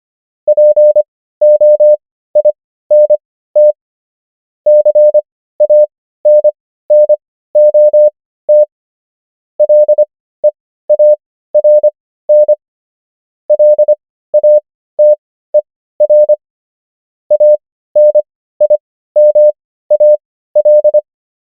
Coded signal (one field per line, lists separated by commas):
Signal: Morse code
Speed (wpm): 25 wpm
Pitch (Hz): 600 Hz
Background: none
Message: POINT CANNOT LEARN LATER ANIMAL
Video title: morse code practice | 25wpm | 15fw | 500 most common words | ENGLISH